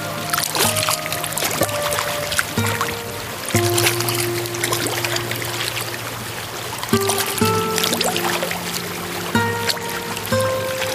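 Water trickles and laps at a lake's edge while a low, steady motor-like hum shifts pitch in steps every few seconds.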